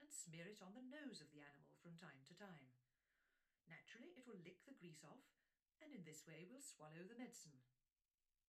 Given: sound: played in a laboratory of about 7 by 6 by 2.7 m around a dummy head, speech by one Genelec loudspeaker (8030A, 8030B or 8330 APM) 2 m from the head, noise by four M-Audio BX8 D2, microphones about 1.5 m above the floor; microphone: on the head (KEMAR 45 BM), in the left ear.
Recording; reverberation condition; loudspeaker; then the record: female speech in English; low; 150 degrees to the left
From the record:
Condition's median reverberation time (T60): about 310 ms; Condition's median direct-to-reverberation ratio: about 3.5 dB